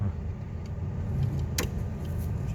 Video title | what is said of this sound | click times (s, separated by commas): 큐비콘 싱글 플러스(Cubicon Single+) 익스트루더 분해 및 청소 | 지금 딸깍 소리가 살짝 났죠 | 1.6 s